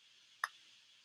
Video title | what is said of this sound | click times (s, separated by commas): Guess the word | share it click you know your lids on good when it clicks | 0.4 s